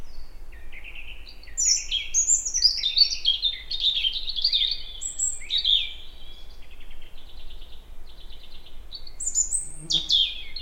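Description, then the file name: European robin pouring out a varied, rippling stream of high, sweet notes with buzzy trills in the middle and a sharp, high flourish near the end. "Erithacus rubecula"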